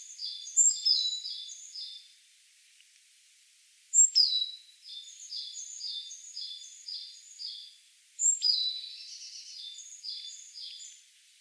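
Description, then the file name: Great tit calling in three bursts, each opening with a thin high note and running into a rapid chattering series of paired notes, over faint background hiss. "Parus major"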